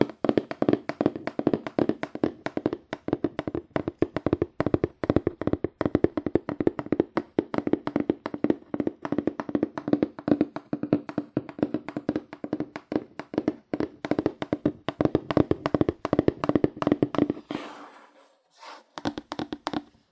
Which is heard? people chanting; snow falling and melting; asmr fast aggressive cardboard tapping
asmr fast aggressive cardboard tapping